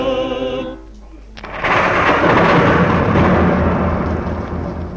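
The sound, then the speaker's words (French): A short tonal passage gives way to a loud, sustained roll of thunder, a broad rumbling roar with hissy, rain-like texture that swells and keeps rolling steadily for several seconds. “Que se passe-t-il? Un orage.”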